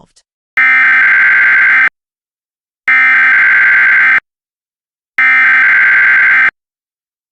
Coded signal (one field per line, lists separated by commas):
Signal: Emergency Alert System (SAME) tones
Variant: header bursts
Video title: EAS Scenario #1 - The Moon Is Falling